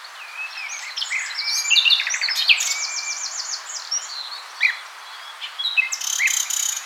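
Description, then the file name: Common nightingale song: a rich, varied stretch of rapid trills, slurred whistles and buzzy notes, a short lull, then another burst of fast repeated notes. "Luscinia megarhynchos"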